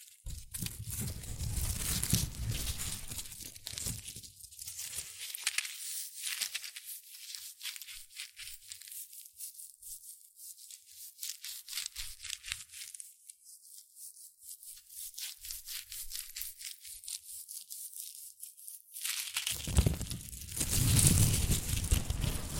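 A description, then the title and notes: Rustling and crinkling with dense, rapid crackles that run throughout. The first few seconds and the last stretch after about 19 seconds are fuller and louder, with heavier crumpling and a low rumble, while the middle is a thinner, brighter stream of quick crinkles. ASMR Rustling and Crinkle Sounds.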